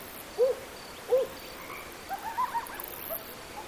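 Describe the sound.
Coyote yips: two short arched yelps, then a quick string of higher wavering notes over a steady hiss.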